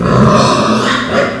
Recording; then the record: squeal of a Yucatan mini pig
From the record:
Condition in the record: after surgery on the right vocal fold (resection and tissue-engineered implant); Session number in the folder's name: 13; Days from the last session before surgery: 113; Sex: female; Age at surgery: 19 weeks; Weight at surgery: 25 kg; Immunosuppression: prednisolone